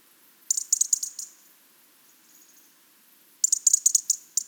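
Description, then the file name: European robin calling, a fast series of high ticks, a pause, then another rattling burst of dry ticks. "Erithacus rubecula"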